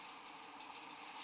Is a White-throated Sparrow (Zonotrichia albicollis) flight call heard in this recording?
no